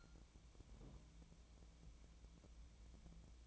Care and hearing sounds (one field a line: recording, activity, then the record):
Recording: daily activity, microphone in the room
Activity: take from stove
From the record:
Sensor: 1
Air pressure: 1000.0 hPa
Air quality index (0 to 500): 134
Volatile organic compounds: 2 ppm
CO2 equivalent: 1266 ppm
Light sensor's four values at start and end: 41/104/44/54 and 41/104/44/54